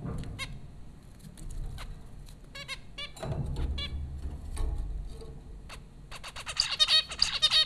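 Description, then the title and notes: Zebra finches calling with quick nasal beeps and honks, scattered at first and building to a dense, overlapping burst near the end. Zebra finches recorded by Dan Bodah at Popcorn School, Flatbush, Brooklyn, New York, in April 2009. "Dronecast: The Popcorn Finches Four from Apr 15, 2009. Zebra finches recorded by Dan Bodah at Popcorn School, Flatbush, Brooklyn NY in April 2009"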